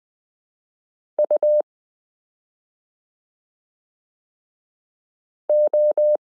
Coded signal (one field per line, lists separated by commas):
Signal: Morse code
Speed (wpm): 20 wpm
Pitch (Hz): 600 Hz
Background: none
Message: UO